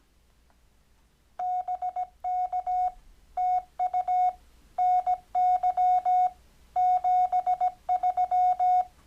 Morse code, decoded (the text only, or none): BK TU NY 73